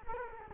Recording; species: mosquito wingbeat signal from an infrared sensor; Culex quinquefasciatus